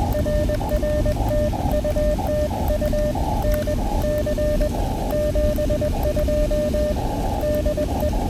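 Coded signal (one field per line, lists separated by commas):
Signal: Morse code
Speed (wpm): 20 wpm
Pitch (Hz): 590 Hz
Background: none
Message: RR TU TU NC 72 DE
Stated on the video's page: POTA Morse activation on Elecraft KX2 keyed with KXPD2 paddles, battery powered, QRP.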